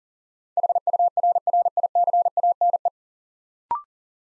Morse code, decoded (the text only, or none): HURRICANE